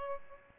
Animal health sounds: mosquito wingbeat signal from an infrared sensor; Aedes albopictus

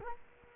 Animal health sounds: mosquito wingbeat signal from an infrared sensor; Culex quinquefasciatus

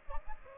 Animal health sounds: mosquito wingbeat signal from an infrared sensor; Aedes aegypti

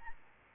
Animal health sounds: mosquito wingbeat signal from an infrared sensor; Aedes albopictus

